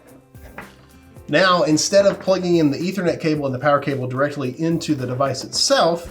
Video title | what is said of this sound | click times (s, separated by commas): Verifone MX925 | like click into place now | 0.6 s